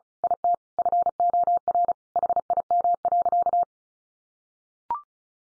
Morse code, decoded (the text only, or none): IT FOR HIM.